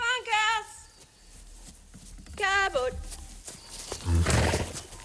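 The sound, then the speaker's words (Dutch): A woman calls out to horses twice in long, high, sing-song cries, followed by a brief rustling crash like a bale of straw being tossed down. “roept haar paarden terwijl ze een bal stro de wei ingooit. Haar boerderij ligt aan de rand van Ralston, een dorp van zo'n 650 inwoners in de Australische Outback.”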